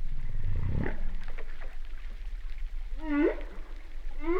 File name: humpback whale sound